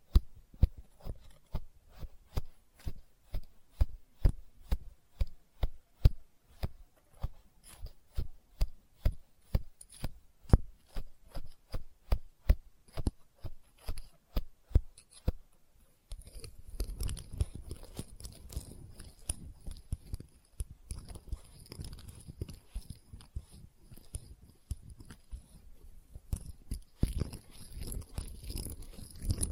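Experimental triggers in test tubes: for the first sixteen seconds, sharp clicking taps come in a fast, fairly regular stream. Then the tapping gives way to a denser, continuous low rumbling and rustling, with a few scattered clicks and a thin high ringing above it.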